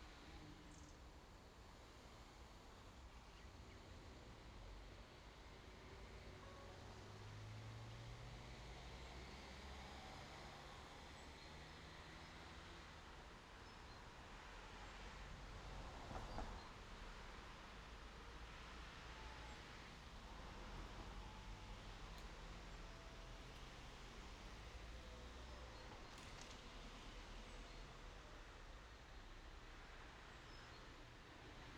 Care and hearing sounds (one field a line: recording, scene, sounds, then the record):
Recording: everyday scene through a hearing-aid microphone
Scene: in traffic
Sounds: traffic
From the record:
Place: main road on the outskirts, rush hour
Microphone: in the ear canal, left